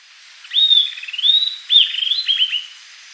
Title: LuckyPassaro Completos2Sama. Southern Antpipit (Corythopis delalandi)